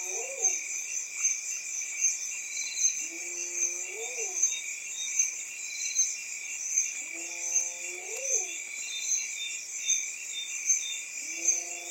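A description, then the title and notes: A dense, steady chorus of insects buzzes high and bright throughout, with a regular fast ticking pulse riding on top. About every three to four seconds, a lower call rises and falls in a short burst of several tones, perhaps a frog. African Wild West is a collection of ambiences recorded in 2017 in Senegal. A variety of environments, from tropical forest to dry savanna and from desert oasis to mangrove forest.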